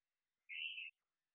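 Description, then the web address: Hourglass treefrog: a single short, high, slightly arched note lasting under half a second, in silence. "Dendrosophus ebbraccatus"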